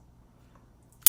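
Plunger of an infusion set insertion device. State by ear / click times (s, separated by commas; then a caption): seated / 1.1 s. The plastic piece of an Autosoft XC insulin infusion set inserter is pulled back by hand while the device is pinched and held at its striped grips. After about a second of near silence with faint ticks around 0.6 and 0.9 seconds, a sharp, loud click sounds at 1.1 seconds as the plunger latches. The inserter is now cocked and stuck in place.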